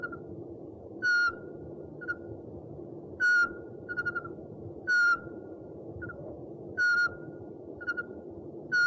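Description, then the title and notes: Owl giving loud whistled notes about every two seconds, with softer, quicker whistles and brief trills between them. One of 69 call variants from 11 owl species. "Sovy - Eulen - Owls. 69 variant hlasů - 11 druhů sov"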